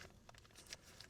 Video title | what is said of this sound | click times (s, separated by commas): Haven XL Review Rain Test | Make sure you hear it click. There you go. | 0.7 s